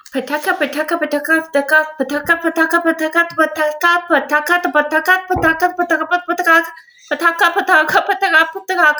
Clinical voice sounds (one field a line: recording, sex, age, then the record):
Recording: repeated syllables /pa ta ka/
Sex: female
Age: 30 to 39 years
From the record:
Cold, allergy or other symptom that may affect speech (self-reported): no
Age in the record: 34 years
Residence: Virginia, United States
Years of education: 15